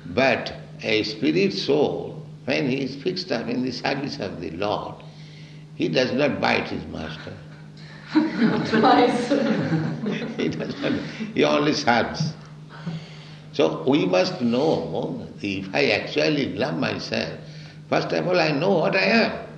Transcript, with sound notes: But a spirit soul, when he's fixed up in the service of the Lord, he does not bite his master. [laughter] He does not... He only serves. So we must know, if I actually love myself, first of all I know what I am.